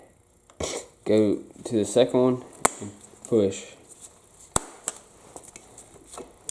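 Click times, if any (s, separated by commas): 4.6 s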